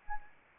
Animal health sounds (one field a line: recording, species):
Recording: mosquito wingbeat signal from an infrared sensor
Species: Anopheles arabiensis